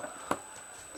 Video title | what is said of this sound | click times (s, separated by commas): IPHONE XR LCD REPAIR/REPLACEMENT AND SCREEN REPROGRAMMING USING ICOPY PLUS | Play a listen for that click. Sorted. | 0.3 s